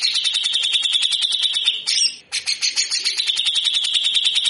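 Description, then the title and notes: Grey-cheeked bulbul giving a harsh, rapid rattling series of high pulses, pausing briefly midway before resuming the same fast rough chatter. Local name cucak jenggot; harsh rough song style called besetan kasar, loud (gacor), used for training other birds. "MASTERAN CUCAK JENGGOT GACOR FULL BESETAN KASAR. Burung cucak jenggot"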